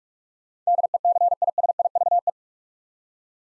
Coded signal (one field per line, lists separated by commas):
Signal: Morse code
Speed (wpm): 46 wpm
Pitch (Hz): 700 Hz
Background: none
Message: DECISIVE